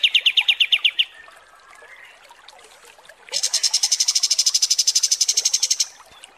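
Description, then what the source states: Kapas tembak song: a short rapid trill of high notes, a pause, then a longer, higher trill of evenly repeated notes. Masteran song used for training birds; 'mewah' (luxurious) kapas tembak.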